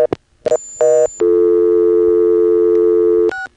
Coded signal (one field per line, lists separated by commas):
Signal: telephone call progress tone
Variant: North America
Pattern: dial tone